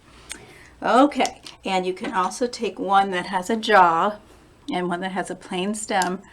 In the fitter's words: What you need is 2 that have a notch, and you put the notches together and they make a little clicking sound like that.